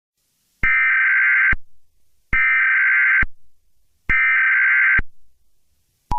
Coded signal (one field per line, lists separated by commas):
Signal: Emergency Alert System (SAME) tones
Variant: header bursts